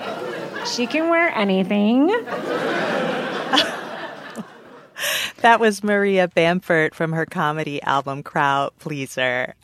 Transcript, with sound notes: She can wear anything.
(LAUGHTER)
That was Maria Bamford from her comedy album, "CROWD-PLEASER!"